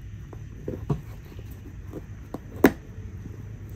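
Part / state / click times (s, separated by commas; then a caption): plastic side-release buckle on a backpack strap / seated / 2.7 s. A plastic side-release buckle on the strap of a NOMATIC McKinnon Camera Cube Pack, a 21 L camera backpack, is fastened. A few soft clicks and rustles come first, then the buckle closes with a single sharp snap at 2.7 s. The buckle snaps shut and is seated.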